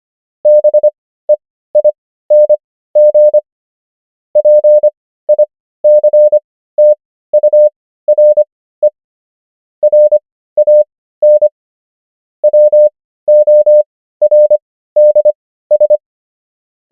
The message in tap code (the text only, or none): none